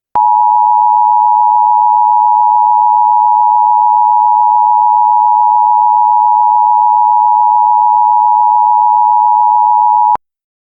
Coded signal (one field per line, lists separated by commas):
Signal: Emergency Alert System (SAME) tones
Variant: 853 and 960 Hz attention tone